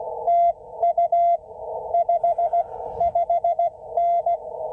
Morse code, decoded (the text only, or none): TU 55N